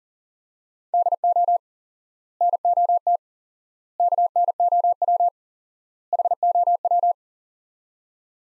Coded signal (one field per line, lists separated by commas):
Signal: Morse code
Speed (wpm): 40 wpm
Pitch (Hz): 700 Hz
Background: none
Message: DO NOT KNOW HOW